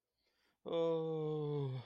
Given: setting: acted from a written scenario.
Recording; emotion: vocal sound without words; distress